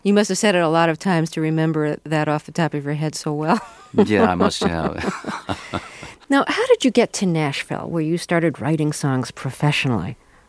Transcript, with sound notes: You must have said it a lot of times to remember that off the top of your head so well.
(Soundbite of laughter) Yeah, I must (unintelligible)
Now, how did you get to Nashville, where you started writing songs professionally?